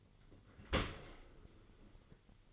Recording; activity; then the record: daily activity, microphone in the room; open dishwasher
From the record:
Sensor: 4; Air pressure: 1003.9 hPa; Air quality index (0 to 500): 154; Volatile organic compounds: 2 ppm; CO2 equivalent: 1094 ppm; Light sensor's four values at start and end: 22/53/22/23 and 23/55/23/24